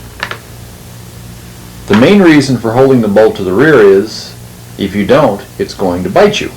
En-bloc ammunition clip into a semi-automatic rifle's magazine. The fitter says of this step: the clip in till it locks and you'll hear it click